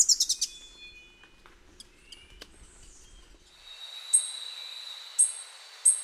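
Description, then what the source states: Birds calling, a quick series of high chirps followed by whistled notes, then a sustained high tone with sharp high notes repeated roughly every second. Birds of the Costa Rican cloud forest, Costa Rica.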